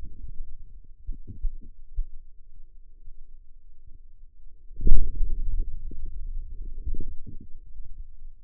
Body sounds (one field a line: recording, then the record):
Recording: forearm muscle sounds (acoustic myography)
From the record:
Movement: hand opening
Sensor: system 2, bracelet of six BSWA MPA416 microphones around the upper forearm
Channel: 6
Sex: male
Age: 22 years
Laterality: right